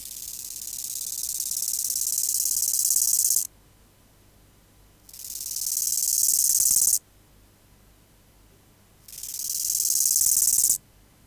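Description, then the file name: Bow-winged grasshopper song: three high, hissing buzz phrases built from rapid pulses, the first already under way. Each swells in loudness, with pauses of about two seconds between them. "Chorthippus biguttulus"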